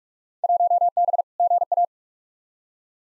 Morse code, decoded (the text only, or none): 1B GA